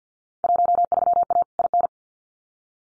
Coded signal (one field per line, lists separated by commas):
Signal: Morse code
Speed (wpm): 50 wpm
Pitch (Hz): 700 Hz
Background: none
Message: 13A IN